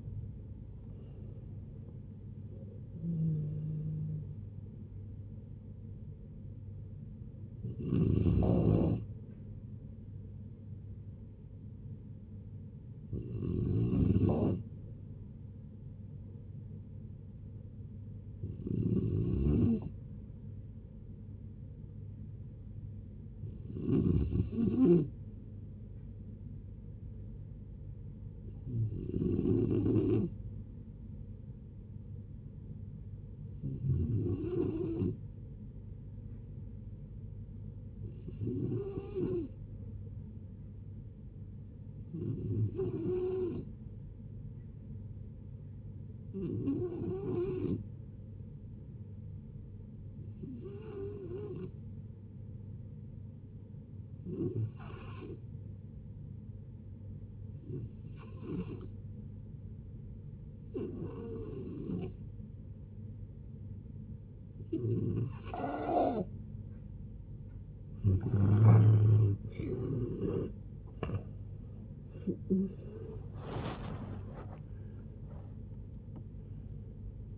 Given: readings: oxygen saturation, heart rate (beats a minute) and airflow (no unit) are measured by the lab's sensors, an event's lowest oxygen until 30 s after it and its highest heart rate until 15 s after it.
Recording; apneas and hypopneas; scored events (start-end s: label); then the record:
a person awake in a sleep study, by a smartphone at the bedside; none
0.00-77.38 s: awake
0.00-77.38 s: awake
From the record:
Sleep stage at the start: awake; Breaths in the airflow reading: 31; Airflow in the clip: -0.8 to 0.7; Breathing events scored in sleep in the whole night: 496 in 5.4 hours asleep